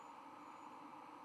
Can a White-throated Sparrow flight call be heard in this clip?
no